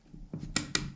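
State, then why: Seated. A Valkyrie Dynamics compensator is set into its channel on the barrel end of a 1911 pistol, with the spring and spring housing pressed down, and flipped over into place. A soft knock at 0.3 s is followed by two sharp clicks at 0.6 s and 0.8 s. The compensator clicks into place and is fully engaged.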